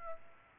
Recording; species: mosquito wingbeat signal from an infrared sensor; Aedes aegypti